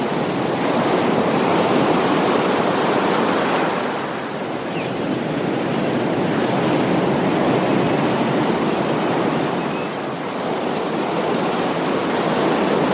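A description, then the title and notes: Small ocean waves wash in with a dense, steady hiss of churning water and foam. The sound swells and eases gently, dipping slightly around four and ten seconds before building again, with a soft low rumble underneath and faint wind. Small Ocean Waves.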